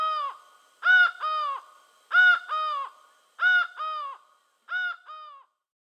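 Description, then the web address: Laughing falcon giving loud, nasal, harmonic two-note calls, a strong falling note then a slightly softer one, four pairs spaced about 1.3 seconds apart. Recorded in Venezuela. "Birds of the Amazon. Laughing Falcon (Herpetotheres cachinnans), Venezuela"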